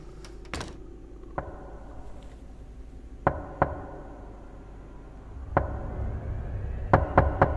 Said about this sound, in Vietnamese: Dường như là không chịu đi, thì có tiếng gõ cửa phòng vang lên.